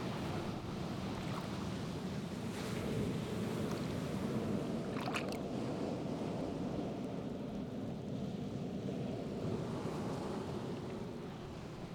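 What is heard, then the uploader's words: Pacific surf washes against a rocky shore in a thick, steady roar, deep and full with little rise or fall across the twelve seconds. Around the five-second mark a brief bright crackle of water over stones cuts through the constant wash. Rising Tide in the Pacific. This week, I’m on the Oregon Coast. The rocky beaches at the base of Tillamook Head. At high tide, the waves crash, and water surges between the rocks. I recorded this with a boom pole held just inches from the water, so the rocks would shield the microphone from the concussive gusts of wind.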